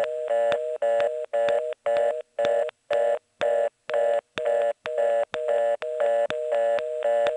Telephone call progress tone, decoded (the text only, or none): reorder tone